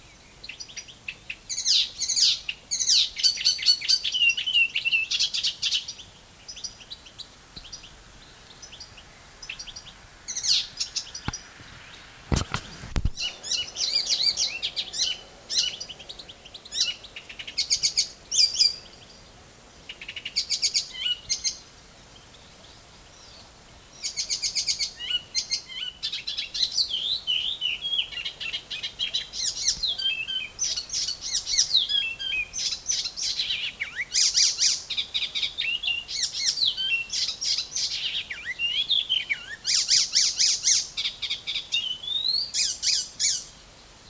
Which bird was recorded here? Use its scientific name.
Hippolais icterina